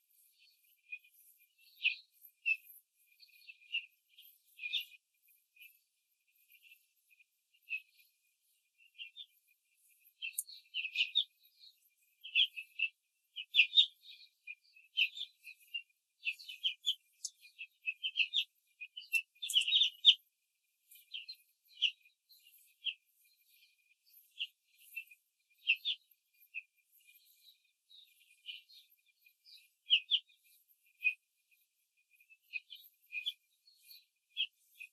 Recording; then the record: young laying hens in a cage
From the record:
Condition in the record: control cage, after the stress test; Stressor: none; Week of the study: 4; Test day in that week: 1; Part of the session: 3